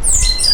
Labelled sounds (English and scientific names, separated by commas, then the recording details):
Stitchbird (Notiomystis cincta) song
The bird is a male
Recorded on Tiritiri Matangi Island, New Zealand, in 2005
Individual 12, of nest box 16